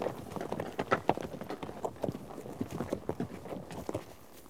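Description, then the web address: Horses' hooves clattering in a tangled rhythm, loudest early on and easing slightly toward the end. A herd of horses out on trek. "BBC Sound Effects Library - Horses Herd of horses out on trek"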